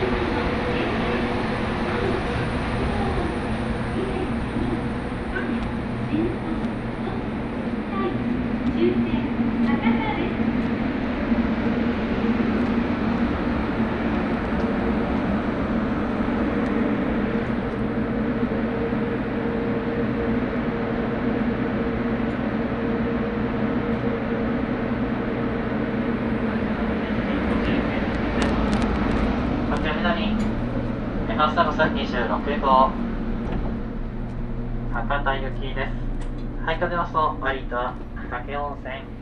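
Inside the limited express Huis Ten Bosch train heading toward Takeo Onsen, a steady low rumble of the running train fills the whole clip. Murmured voices sit under it, and from about 27 seconds on, clearer speech and brief clicks come through more often.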